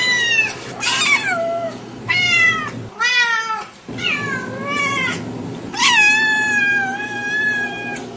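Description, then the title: Domestic cat meowing repeatedly, a series of long drawn-out wailing meows with short gaps between. "kucingku"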